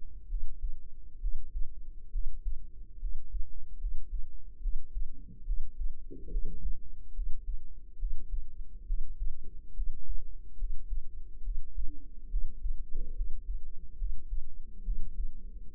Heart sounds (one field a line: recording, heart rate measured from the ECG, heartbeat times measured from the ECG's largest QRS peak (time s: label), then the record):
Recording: heart sounds by microphone in the right ear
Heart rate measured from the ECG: 70 bpm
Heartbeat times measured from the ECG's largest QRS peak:
0.26 s: heartbeat
1.18 s: heartbeat
2.09 s: heartbeat
2.98 s: heartbeat
3.77 s: heartbeat
4.59 s: heartbeat
5.43 s: heartbeat
6.28 s: heartbeat
7.12 s: heartbeat
7.96 s: heartbeat
8.84 s: heartbeat
9.73 s: heartbeat
10.56 s: heartbeat
11.41 s: heartbeat
12.28 s: heartbeat
13.13 s: heartbeat
13.95 s: heartbeat
14.82 s: heartbeat
15.71 s: heartbeat
From the record:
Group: healthy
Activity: rest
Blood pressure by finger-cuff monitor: 101/76 mmHg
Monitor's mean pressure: 85 mmHg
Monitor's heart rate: 69 bpm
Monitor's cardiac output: 5.7 L/min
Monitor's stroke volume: 82 mL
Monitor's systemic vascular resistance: 1090 dyn s/cm5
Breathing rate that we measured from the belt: 18 breaths a minute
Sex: female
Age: 22 years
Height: 160 cm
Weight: 45 kg